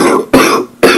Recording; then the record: coughing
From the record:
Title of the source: Coughing 77